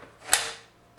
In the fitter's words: locks into place